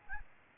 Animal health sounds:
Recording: mosquito wingbeat signal from an infrared sensor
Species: Aedes albopictus

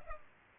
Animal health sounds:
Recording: mosquito wingbeat signal from an infrared sensor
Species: Culex pipiens

